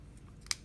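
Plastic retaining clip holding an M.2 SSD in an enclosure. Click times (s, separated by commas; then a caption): 0.5 s. A plastic retaining clip holding an M.2 SSD in an enclosure is pushed back while the drive is pressed down, then released. It snaps over the drive with a sharp, bright click at 0.5 s, leaving the SSD seated.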